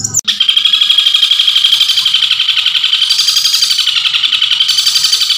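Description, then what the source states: Long-tailed shrike song: a steady, very rapid, buzzy chattering trill held at a high pitch throughout, after one sharp opening note. Masteran (training recording) of cendet song.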